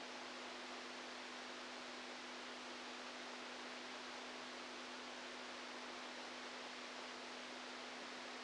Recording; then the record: brain microelectrode recording played as sound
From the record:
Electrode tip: outside the subthalamic nucleus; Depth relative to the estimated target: -6 mm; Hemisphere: right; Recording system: NeuroSet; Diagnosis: Parkinson's disease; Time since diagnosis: 10 years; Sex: male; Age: 65 years